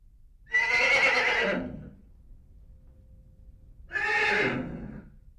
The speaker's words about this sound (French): Qu'est-ce que c'est? C'est le cheval.